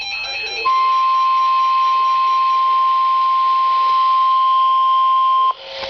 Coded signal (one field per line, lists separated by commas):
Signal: Emergency Alert System (SAME) tones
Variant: 1050 Hz attention tone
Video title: EAS Alert #32 - Severe Thunderstorm Warning #11 5/12/14